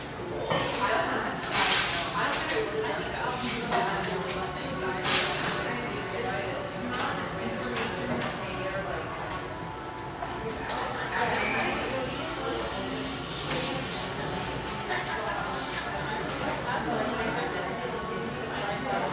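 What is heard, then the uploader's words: A busy spot in Portland's Pearl District: many overlapping voices make a steady, dense murmur that stays at a fairly even level. Sharp clicks and clatters cut through every second or two, bright, over a low hum underneath. Pearl District, Portland, Oregon. We continue wending a caffeinated path through this coffee enclave's most iconic espresso shops.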